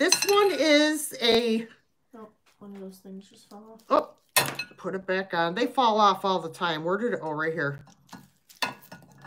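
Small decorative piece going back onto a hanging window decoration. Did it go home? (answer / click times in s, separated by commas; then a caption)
yes / 8.6 s. Someone talks while a small piece that fell off a hanging window decoration is found and pushed back onto it. A few light taps follow, then a sharp snap at 8.6 s as the piece seats back in place.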